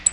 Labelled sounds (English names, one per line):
Black-throated Blue Warbler flight call